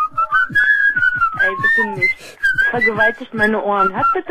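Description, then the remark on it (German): A person whistles a wavering, mid-high tune in sliding notes, loud and continuous, while a voice joins in underneath and grows more prominent toward the end. “Ich bring jetzt mal ein bisschen Pfiff in die Sendung.”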